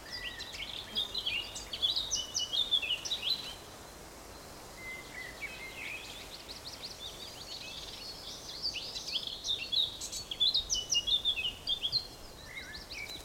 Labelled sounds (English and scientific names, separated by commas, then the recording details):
Eurasian Blackcap (Sylvia atricapilla)
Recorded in the wild
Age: adult
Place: Summt, Brandenburg, DE
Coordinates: 52.693, 13.362
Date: 1992-06-14 14:40
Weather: heiter, ca. 23°C
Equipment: Nagra SN, Mikrofon AKG CK 8, Kopie Tesla B 116
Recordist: Tembrock, Günter